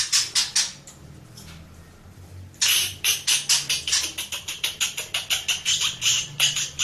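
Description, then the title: Mixed birds calling: several scratchy notes, a pause, then a long run of rapid harsh chirps, very high-pitched. "Burung Campur4"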